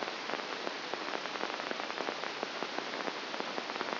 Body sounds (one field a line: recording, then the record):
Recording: brain microelectrode recording played as sound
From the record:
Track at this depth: inside the subthalamic nucleus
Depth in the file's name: 1.005 mm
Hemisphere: left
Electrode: 2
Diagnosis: Parkinson's disease